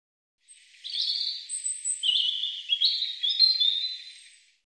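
European robin singing a high, thin, varied warble of shifting sweet notes and faint very high tones, running for about four seconds with slight pauses.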